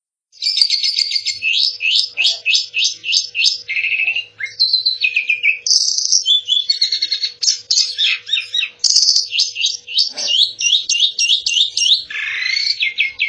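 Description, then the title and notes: Asian pied starling song: fast runs of repeated bright chirps and trills, broken by whistled and harsh phrases, continuous and varied throughout, with a faint low hum underneath. Song used for masteran, the practice of tutoring songbirds. "jalak_suren. Kumpulan Bermacam macam Kicauan Burung Masteran"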